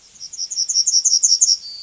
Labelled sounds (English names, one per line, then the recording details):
Yellowhammer song
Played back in forest
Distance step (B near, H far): B
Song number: 022